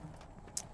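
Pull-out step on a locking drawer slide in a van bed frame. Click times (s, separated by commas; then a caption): 0.6 s. A pull-out step on a locking drawer slide under a van bed frame is pushed in and pulled up, locking into place. A short, sharp, high-pitched click sounds at 0.6 s over a low, steady background rumble.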